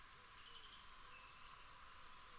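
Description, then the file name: Common firecrest song: a single very high, thin phrase of rapid notes lasting about one and a half seconds, over quiet background. "Fiorrancino"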